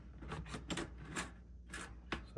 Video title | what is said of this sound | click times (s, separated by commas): HEHR Standard Push Out Window - Part 5 of 5: Installing movable windows and push-out bars | So, here it latches. | 2.1 s